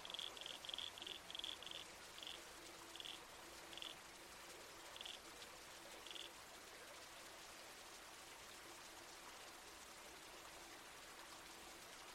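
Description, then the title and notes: Red-crowned toadlet calls, a quick burst of short notes that slows and spaces out before stopping, leaving quiet water noise. Night soundscape in the bush with a babbling creek and trees swaying in the wind. "Red-Crowned Toadlet. Nocturnal Worlds"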